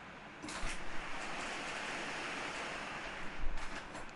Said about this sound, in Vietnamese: Thấy mưa lớn chưa? Nãy giờ mưa lâm râm còn đọc được, giờ mưa lớn.